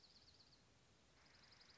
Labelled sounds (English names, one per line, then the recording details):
Dark-eyed Junco
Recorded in Sonoma County, California